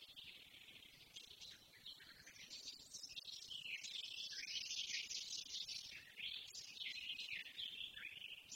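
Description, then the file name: Eurasian blackcap giving a steady, hurried warble of twittering high notes that grows slightly louder midway, over a soft background hiss. "Sylvia atricapilla"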